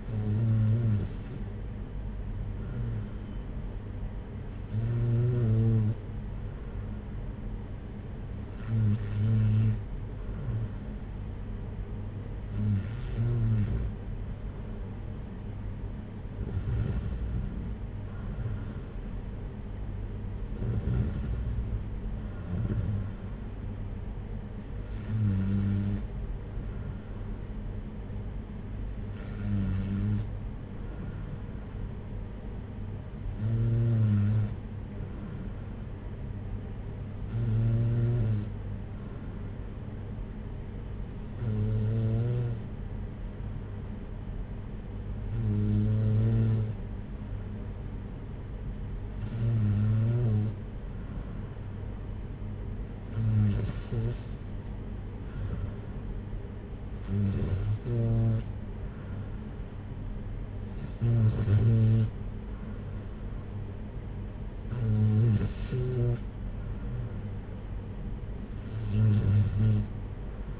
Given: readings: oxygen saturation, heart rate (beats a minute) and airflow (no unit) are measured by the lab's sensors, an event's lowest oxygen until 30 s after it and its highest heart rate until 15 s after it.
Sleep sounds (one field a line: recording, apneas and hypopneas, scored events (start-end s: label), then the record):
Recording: breathing in sleep by a smartphone at the bedside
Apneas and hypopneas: none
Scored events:
none scored
From the record:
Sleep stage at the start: N2 (light sleep)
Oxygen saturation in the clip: 93 to 94%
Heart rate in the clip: 57 to 62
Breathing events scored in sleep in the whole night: 226 in 8.8 hours asleep